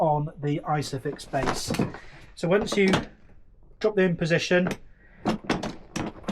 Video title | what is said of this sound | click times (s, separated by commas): Maxi-Cosi CabrioFix i-Size Base: How to Attach the Seat & Troubleshooting Hacks | give a little press, you'll hear a nice solid click, and then you'll also notice | 5.5 s, 6.0 s